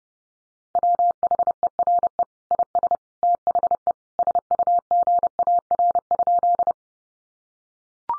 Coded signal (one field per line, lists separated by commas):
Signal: Morse code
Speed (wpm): 29 wpm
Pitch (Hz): 700 Hz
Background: none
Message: WHERE IS THE SUGAR?